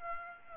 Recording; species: mosquito wingbeat signal from an infrared sensor; Aedes aegypti